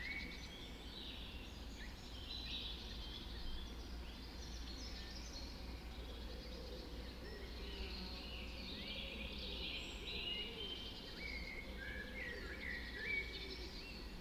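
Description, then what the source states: Birds (dawn chorus): birds singing together at dawn, varied high chirps and warbled phrases layered across the whole stretch, with a low steady drone underneath. Dawn chorus recorded just after dawn in the Forest of Dean.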